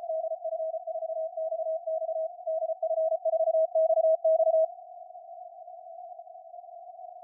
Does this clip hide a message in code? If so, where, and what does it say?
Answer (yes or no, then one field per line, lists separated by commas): yes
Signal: Morse code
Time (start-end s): 0.1-4.7 s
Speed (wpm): 32 wpm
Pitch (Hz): 680 Hz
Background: none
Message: DF4XX DF4XX